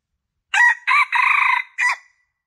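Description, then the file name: Junglefowl male crowing: a short harsh opening note, a second note, then a long strained middle section, ending in a clipped final syllable, about one and a half seconds in all, with no other sounds. Male; lure call (suara pikat) used to attract junglefowl. "suara pikat ayam hutan jantan"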